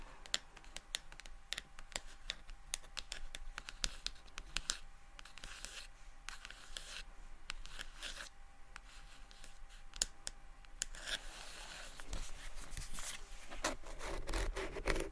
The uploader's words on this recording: ASMR Low Light SoftGentle Tapping & Scratching For Sleep (No Talking).